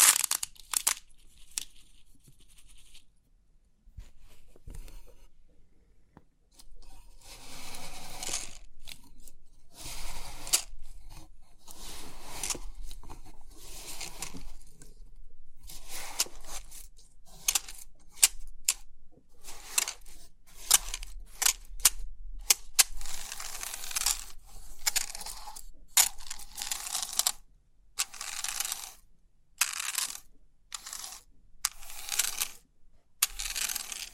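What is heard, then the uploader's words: Crisp tingling clicks and rattles from 3D pin art come in dense bright bursts with short pauses, quiet at first then busier. Crisp 3D Pin Art Tingles(No Talking).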